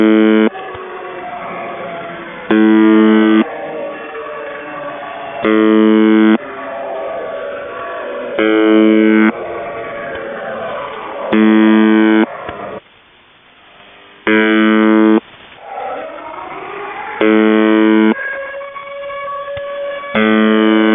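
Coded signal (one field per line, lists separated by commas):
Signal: channel marker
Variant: UVB-76 (The Buzzer)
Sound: about 9 harsh buzzes, roughly one every 2.5 seconds, with wailing siren-like interference between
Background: siren jamming, radio static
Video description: Russian Buzzer UVB-76 seen with active air-raid siren audio jamming.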